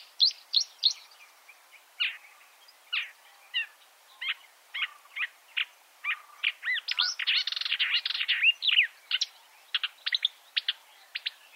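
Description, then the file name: Marsh warbler with a lively song of varied whistles and chips, quickening into a busy scratchy jumble before clipped notes close it. Chirping song. "suara kicauan burung marsh warbler. omkicau"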